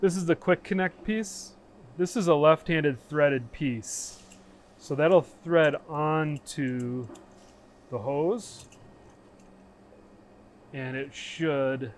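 A left-hand threaded quick-connect fitting on a dust collection hose is handled and lined up with its socket in the router cabinet while someone talks. Between the speech there are faint handling sounds. Nothing has snapped into place or clicked yet.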